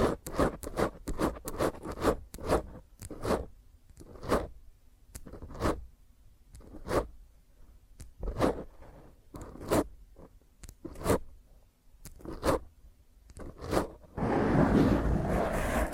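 Fingernails scratch roughly across a microphone in quick, irregular strokes, then a dense, continuous rasping scrape fills the final two seconds.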